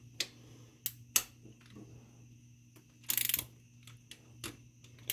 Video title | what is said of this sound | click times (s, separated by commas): Changing rocker arms and push rods on 1995 Jeep Wrangler 4cly 2.5l YJ | right away. Right here, click. | 5.1 s